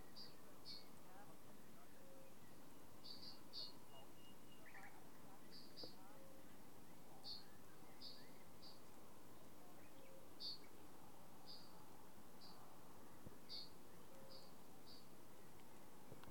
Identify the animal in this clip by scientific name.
Bombina bombina